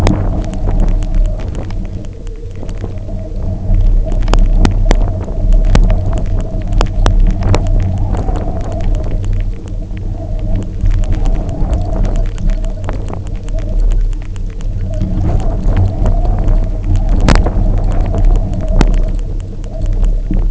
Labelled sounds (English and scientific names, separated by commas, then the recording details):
Arctic Tern (Sterna paradisaea)
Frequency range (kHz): Arctic Tern (Sterna paradisaea) 0.7-5.1 kHz
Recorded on Arctic tundra, site UTQI-0, on 27 June 2018
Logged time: 00:00